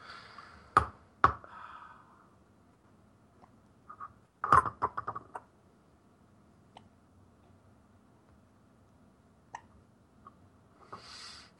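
Brief sharp gulping clicks, irregularly spaced, about six to eight over twelve seconds: a little baby's hiccups.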